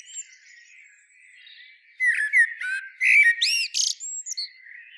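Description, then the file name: Common blackbird song phrase of mellow warbling notes that breaks into thin, high squeaky flourishes, preceded by fainter, quieter song. "Turdus merula"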